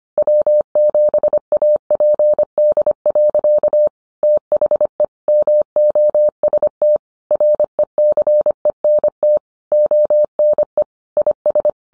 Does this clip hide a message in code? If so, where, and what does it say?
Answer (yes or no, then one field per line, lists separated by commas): yes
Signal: Morse code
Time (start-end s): 0.2-11.7 s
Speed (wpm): 25 wpm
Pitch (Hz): 600 Hz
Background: none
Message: W7APD. THE MOST RECENT ONE IS